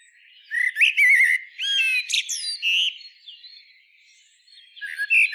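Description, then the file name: Common blackbird song: a low fluty whistled phrase, then a burst of squeaky twittering notes, fading to quiet before a short final whistle. "Turdus merula"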